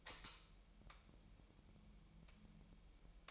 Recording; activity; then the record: daily activity, microphone in the room; light on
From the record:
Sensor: 1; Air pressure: 1001.9 hPa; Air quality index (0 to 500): 249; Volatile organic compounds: 53 ppm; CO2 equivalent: 3335 ppm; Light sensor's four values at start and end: 5/11/4/5 and 14/47/19/19